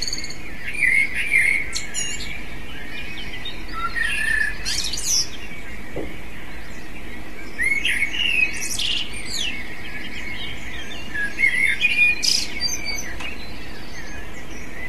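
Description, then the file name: Eurasian blackbird singing spaced, flute-like phrases that finish in high, strained twitters, returning every few seconds above a soft background hum. "merle"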